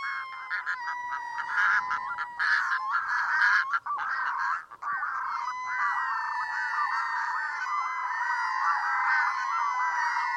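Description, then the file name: Red-throated loon calls: drawn-out, nasal, harmonic wails in a long, steady series, with brief breaks near four and five seconds. Recorded in Iceland. "Plongeon catmarin islande"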